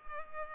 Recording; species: mosquito wingbeat signal from an infrared sensor; Culex pipiens